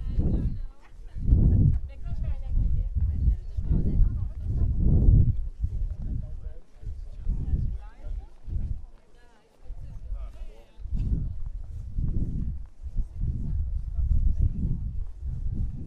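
A walk in Prague with people talking nearby, voices rising and falling in bursts, and a brief lull around nine seconds.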